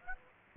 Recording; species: mosquito wingbeat signal from an infrared sensor; Aedes aegypti